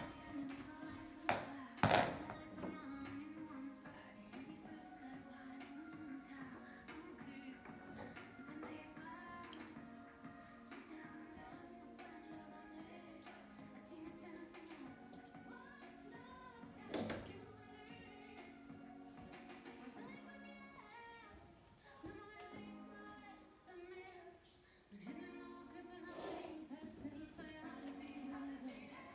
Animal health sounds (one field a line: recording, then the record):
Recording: sound track of a video of a horse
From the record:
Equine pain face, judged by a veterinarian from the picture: absent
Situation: after eating a carrot, before or after surgery for tooth resorption and hypercementosis (EOTRH)